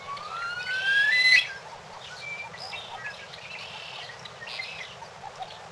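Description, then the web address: Bird calling with a clear whistle that rises steadily in pitch and stops abruptly, followed by scattered faint chirps over steady background hiss. "Peterson North American Birds"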